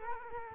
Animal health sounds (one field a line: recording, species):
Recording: mosquito wingbeat signal from an infrared sensor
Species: Culex quinquefasciatus